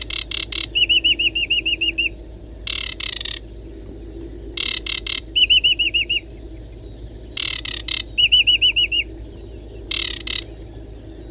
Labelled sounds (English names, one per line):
Aquatic Warbler song